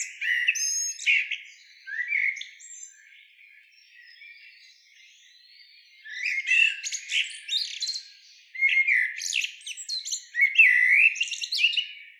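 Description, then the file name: Common blackbird singing mellow, fluted warbles that break into high, squeaky twittering flourishes, in three phrases separated by pauses. "Turdus merula"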